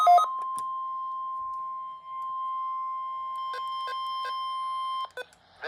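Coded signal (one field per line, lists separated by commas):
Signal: Emergency Alert System (SAME) tones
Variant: 1050 Hz attention tone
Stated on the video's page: Required weekly test received on a Midland HH54VP weather radio from NOAA transmitter WNG655.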